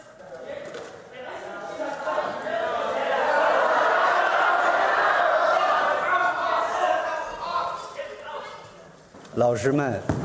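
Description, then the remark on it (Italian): A young man whistles and shouts in protest at Wen Jiabao's lecture in Cambridge over a noisy crowd commotion that swells to a steady roar mid-clip, then a sharp, loud shouted voice bursts out near the end. “Fischia un ragazzo.”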